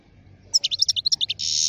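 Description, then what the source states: European goldfinch song: a rapid series of bright chirping notes leading into a harsh, buzzy wheezing note that continues to the end. Wild goldfinch; the Arabic title calls its song among the most beautiful.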